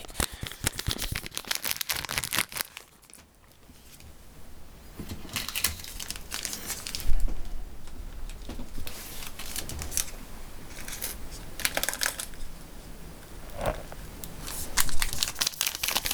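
Eating sounds: crisp, crinkly crunches and rustles arrive in quick clusters during the first three seconds, then a short quiet gap. After that, bites and chewing come in irregular bursts roughly every second or two, with bright crackly snaps and a soft low thump near seven seconds.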